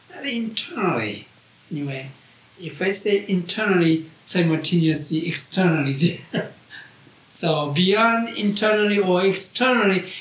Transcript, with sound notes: not “internally”. If I say “internally,” simultaneously “externally” is there. [He laughs.] So, beyond internally or externally,